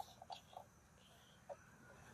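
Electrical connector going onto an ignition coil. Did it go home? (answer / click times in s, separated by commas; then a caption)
no / none. An electrical connector is handled and lined up on the ignition coil of a 2017 Acura ILX 2.4L before being pushed home. Faint, quiet handling taps and rubs are heard, the most distinct near 0.2, 0.3, 0.6 and 1.5 seconds. Nothing has clicked or seated yet.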